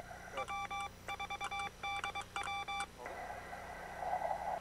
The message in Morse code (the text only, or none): W4DW